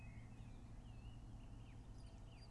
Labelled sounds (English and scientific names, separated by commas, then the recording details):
Song Thrush (Turdus philomelos)
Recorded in Germany
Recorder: ecoPi